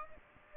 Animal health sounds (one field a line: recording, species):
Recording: mosquito wingbeat signal from an infrared sensor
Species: Aedes aegypti